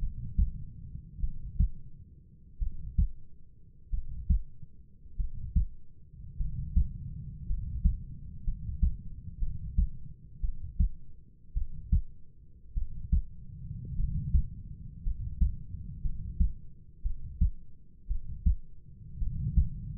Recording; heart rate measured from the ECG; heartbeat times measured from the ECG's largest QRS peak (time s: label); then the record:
heart sounds by stethoscope; 53 bpm
1.20 s: heartbeat
2.59 s: heartbeat
3.90 s: heartbeat
5.16 s: heartbeat
6.37 s: heartbeat
7.46 s: heartbeat
8.44 s: heartbeat
9.39 s: heartbeat
10.41 s: heartbeat
11.54 s: heartbeat
12.74 s: heartbeat
13.96 s: heartbeat
15.03 s: heartbeat
16.02 s: heartbeat
17.02 s: heartbeat
18.07 s: heartbeat
19.19 s: heartbeat
From the record:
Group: healthy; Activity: rest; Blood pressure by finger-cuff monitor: 105/56 mmHg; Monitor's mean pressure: 69 mmHg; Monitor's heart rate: 50 bpm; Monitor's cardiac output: 4.5 L/min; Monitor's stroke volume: 90 mL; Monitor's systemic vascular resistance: 1070 dyn s/cm5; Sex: male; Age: 25 years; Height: 170 cm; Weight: 70.4 kg